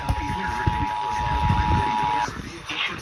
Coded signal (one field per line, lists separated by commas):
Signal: Emergency Alert System (SAME) tones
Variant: 853 and 960 Hz attention tone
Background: speech